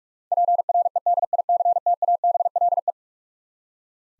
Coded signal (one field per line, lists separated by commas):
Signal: Morse code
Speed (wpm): 42 wpm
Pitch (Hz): 700 Hz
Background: none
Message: PREDICTABLE